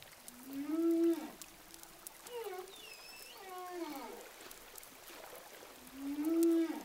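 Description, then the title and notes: Humpback whale song underwater: moaning upsweeps rising to a bright tone near one second and again at six, with squeaky rising and falling harmonic cries between them. Hydrophone recording of humpback whales offshore of Saint-Gilles, Réunion. "whales sound hydrophone, saint gilles de la reunion. au large de saint gilles de la Réunion baleine à bosse"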